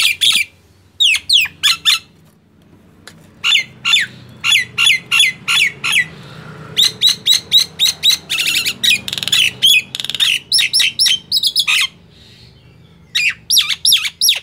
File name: suara jalak nias